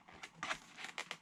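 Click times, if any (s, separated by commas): none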